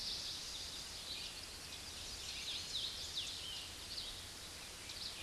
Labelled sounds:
Hooded Warbler song
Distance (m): 55 m
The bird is about 10 m above the microphone
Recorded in a Pennsylvania forest on 16 May 2024 at 06:34
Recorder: AudioMoth, point MSD-0690
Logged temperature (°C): 16.0 °C
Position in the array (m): 146 m, 112 m

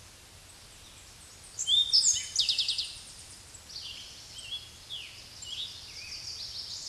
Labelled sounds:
Eastern Towhee song
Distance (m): 15 m
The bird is about 5 m above the microphone
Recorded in a Pennsylvania forest on 16 May 2024 at 06:36
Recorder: AudioMoth, point MSD-0788
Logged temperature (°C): 16.6 °C
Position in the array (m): 90 m, 15 m

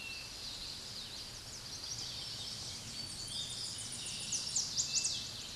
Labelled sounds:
Chestnut-sided Warbler song
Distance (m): 30 m
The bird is about level with the microphone
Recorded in a Pennsylvania forest on 16 May 2024 at 06:25
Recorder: AudioMoth, point MSD-1534
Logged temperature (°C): 15.6 °C
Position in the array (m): 11 m, 15 m

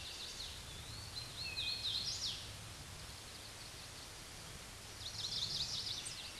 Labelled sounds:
Hooded Warbler song
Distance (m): 70 m
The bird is about 30 m above the microphone
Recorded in a Pennsylvania forest on 16 May 2024 at 09:51
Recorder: AudioMoth, point MSD-2258
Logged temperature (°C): 15.2 °C
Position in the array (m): 154 m, 145 m

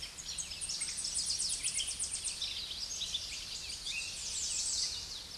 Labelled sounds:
Tennessee Warbler song
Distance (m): 25 m
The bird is about 15 m above the microphone
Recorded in a Pennsylvania forest on 16 May 2024 at 07:54
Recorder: AudioMoth, point MSD-0526
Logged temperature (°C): 16.6 °C
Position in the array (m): 83 m, 226 m

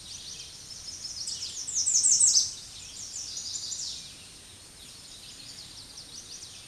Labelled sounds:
American Redstart song
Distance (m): 10 m
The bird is about 10 m above the microphone
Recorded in a Pennsylvania forest on 16 May 2024 at 07:05
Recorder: AudioMoth, point MSD-2027
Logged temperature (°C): 15.6 °C
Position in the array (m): 104 m, 234 m

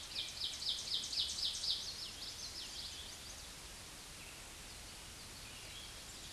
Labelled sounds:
Ovenbird song
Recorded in a Pennsylvania forest on 16 May 2024 at 07:34
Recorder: AudioMoth, point MSD-1307
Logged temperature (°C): 16.6 °C
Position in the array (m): 212 m, 129 m

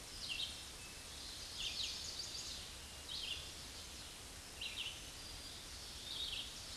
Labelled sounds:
Red-eyed Vireo song
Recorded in a Pennsylvania forest on 16 May 2024 at 07:41
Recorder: AudioMoth, point MSD-1539
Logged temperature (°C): 16.0 °C
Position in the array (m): 149 m, 29 m

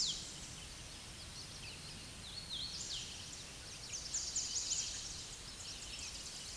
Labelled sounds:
Hooded Warbler song
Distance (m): 20 m
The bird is about level with the microphone
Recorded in a Pennsylvania forest on 16 May 2024 at 07:52
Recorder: AudioMoth, point MSD-1679
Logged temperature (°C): 16.1 °C
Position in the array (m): 120 m, 146 m

